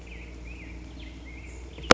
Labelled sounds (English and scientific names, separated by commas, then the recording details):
Black-headed Grosbeak (Pheucticus melanocephalus)
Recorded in Sonoma County, California